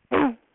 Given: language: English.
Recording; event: throat vibration sensor signal played as sound; throat clearing